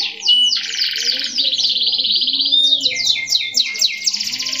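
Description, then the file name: Atlantic canary pouring out varied rapid tours, a buzzy low trill, a thin whistled note, then quick downslurred notes. "kenari robin hood. omkicau"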